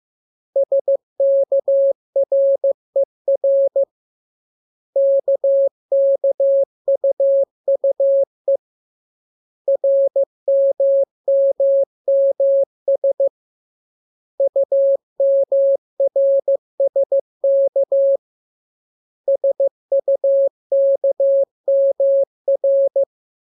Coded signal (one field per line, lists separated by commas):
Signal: Morse code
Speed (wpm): 15 wpm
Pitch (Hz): 550 Hz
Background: none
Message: SKRER KKUUE RMMMS UMRSK SUKMR